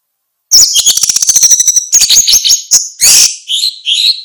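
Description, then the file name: Orange-headed thrush song opening with a fast, even rattle of high chirps, then tumbling warbled notes and a few clear whistled slurs. "suara kicau burung anis merah"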